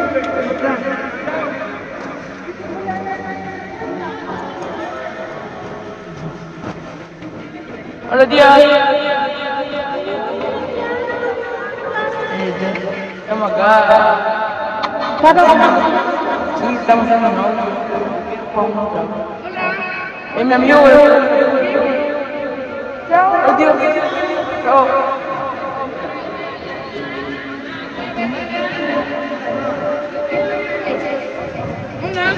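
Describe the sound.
A busy fair soundscape with a steady crowd of talking voices, mostly men, overlapping throughout. Louder bursts of voices and clatter rise around 8, 15 and 21 seconds, while a low hum and chatter fill the background.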